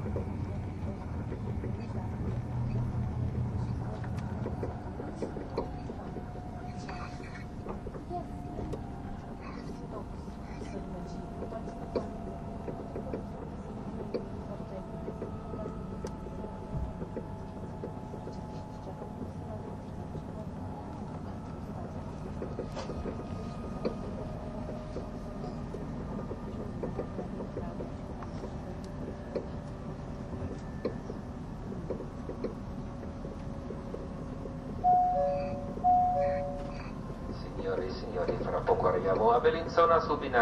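A train rumbles steadily along the Gotthard route with a low, even roar, faint voices, and brighter squealing tones near the end.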